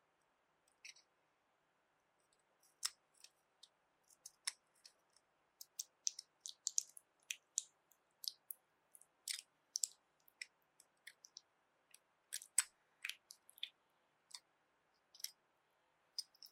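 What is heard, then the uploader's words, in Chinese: Jelly trigger sounds: quick, wet squishes and sticky clicks tapping out irregularly, sparse at first, then packing closer together throughout, bright and crisp. 滑溜溜的果凍觸發 | Jelly Trigger。NO Talking。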